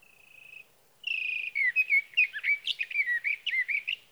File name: Sage Thrasher